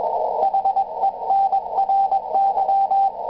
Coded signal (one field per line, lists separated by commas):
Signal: Morse code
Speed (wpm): 21 wpm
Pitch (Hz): 780 Hz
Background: radio noise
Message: HENRY